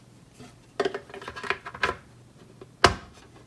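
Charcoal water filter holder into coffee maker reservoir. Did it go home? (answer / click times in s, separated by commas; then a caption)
yes / 2.8 s. A charcoal water filter holder is handled and clipped onto the circular mount inside a Keurig coffee maker's water reservoir, with a series of light knocks and rattles between 0.8 and 1.9 seconds. A loud, sharp plastic click at 2.8 seconds is the clip snapping in, and the holder is seated.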